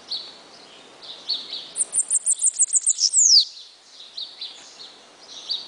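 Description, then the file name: Bananaquit song, a quick sequence of thin high ticks swelling into a falling buzzy slur, with background chirps of other birds. "Cambacica"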